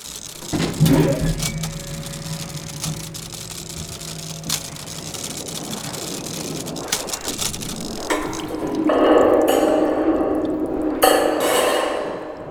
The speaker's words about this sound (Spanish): Cuando escuche levemente el compás del engranaje, deténgase.